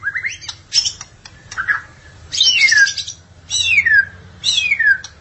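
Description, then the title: Magpie-robin or shama giving scattered chips, then three loud whistled phrases that slide downward, spaced about a second apart. "BM Suara Burung Murai"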